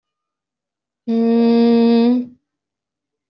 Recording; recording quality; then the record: sustained vowel as in beet; excellent, no background noise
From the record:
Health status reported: recovered from COVID-19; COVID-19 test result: positive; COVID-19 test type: RT-PCR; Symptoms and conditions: cough, cold, fever, loss of smell and taste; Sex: female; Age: 36 years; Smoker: no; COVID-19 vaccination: both doses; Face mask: worn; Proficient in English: yes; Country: India